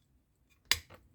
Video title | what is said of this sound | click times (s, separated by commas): Citroën 2Cv charleston: montaggio dal n. 81 al n. 85. Edizione DeAgostini in scala 1:8. | البلاستيك! هل سمعت؟ الآن | 0.7 s